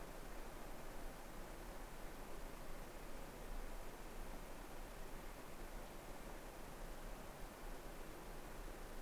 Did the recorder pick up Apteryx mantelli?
no